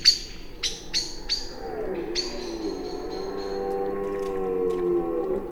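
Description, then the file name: Common blackbird gives a few sharp chinking calls, with a steady low hum underneath. "Turdus merula"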